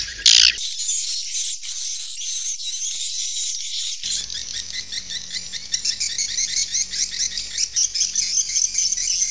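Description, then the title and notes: Swiftlet chirping calls, dense overlapping high twitters after a brief loud burst, becoming a busier, rapid chatter. Used for swiftlet farming in Asia. "Swiflet Bird Sound. Farming Swiflet Bird asia sound"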